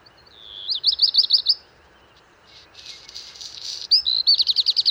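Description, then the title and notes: Black redstart singing: rapid looped high notes, a pause, a crackly rasping burst, then a fresh run of fast repeated notes. Song from a bird perched atop a large lime tree, early morning, 19 March 2019, Val Maravel, Drôme, France; first of the season; scratchy 'crumpled' song; recorded with parabolic dish. "Val Maravel - Drôme. chant du Rouge-queue noir"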